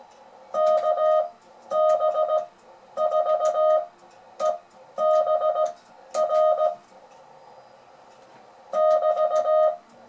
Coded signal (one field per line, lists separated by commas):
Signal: Morse code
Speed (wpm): 17 wpm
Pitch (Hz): 620 Hz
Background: none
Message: KB4EBR <BT>